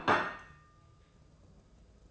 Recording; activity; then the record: daily activity, microphone in the room; place plate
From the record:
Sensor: 2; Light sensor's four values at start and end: 14/46/18/17 and 14/47/18/17